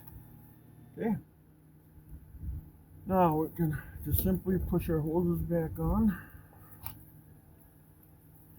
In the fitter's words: you hear them all clicked